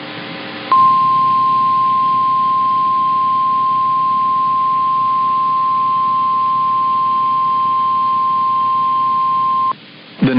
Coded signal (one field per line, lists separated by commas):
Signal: Emergency Alert System (SAME) tones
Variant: 1050 Hz attention tone